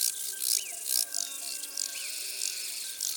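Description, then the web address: Large banded grasshopper giving soft, regularly repeated scratchy pulses, with a few brief bird whistles mixed in. "Arcyptere bariolee. abc de la nature"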